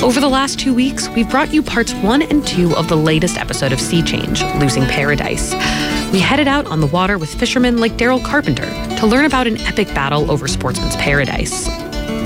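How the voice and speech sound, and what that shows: A woman speaks clearly and fluently at a steady pace with no pauses, ordinary voice, no sign of disorder.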